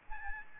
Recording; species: mosquito wingbeat signal from an infrared sensor; Aedes albopictus